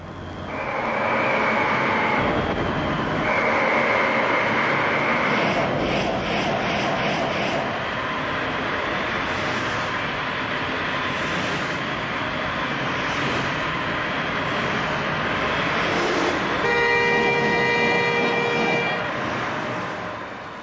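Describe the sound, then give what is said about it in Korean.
A car speeds along with a loud, steady engine roar that holds for about twenty seconds, and a brief horn-like tone sounds near the end. “자동차가 질주합니다.”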